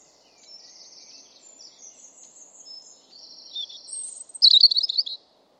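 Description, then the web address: European robin song: faint high drawn-out buzzy tones, ending in one bright, rapid twittering phrase. "Deverinetal 2025"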